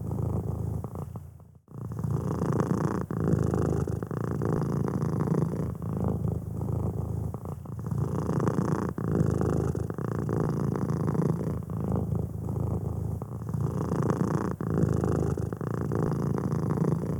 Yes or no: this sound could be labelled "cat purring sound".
yes